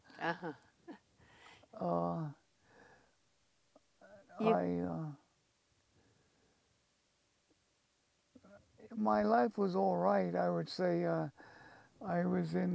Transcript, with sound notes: Uh-huh.
I - [pause] my life was all right, I would say. I was in